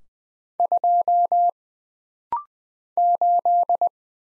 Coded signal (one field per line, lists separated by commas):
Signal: Morse code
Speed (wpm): 20 wpm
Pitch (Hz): 700 Hz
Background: none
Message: 2 8